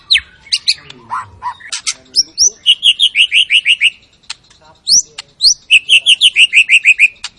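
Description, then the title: White-rumped shama song: varied whistles and sharp upslurs, then two runs of quick descending whistled notes separated by high chips. Lure sound of a very active white-rumped shama singing its full repertoire, meant to stir up other shamas. "MURAI BATU. MURAI GACOR SUPER EDAN SEMUA MATERI DI KELUARIN. SHAMA BIRD"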